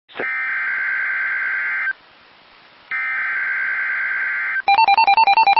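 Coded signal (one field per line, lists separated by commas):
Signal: Emergency Alert System (SAME) tones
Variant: header bursts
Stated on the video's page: Severe thunderstorm warning from a NOAA weather radio transmitter in Indianapolis, Indiana.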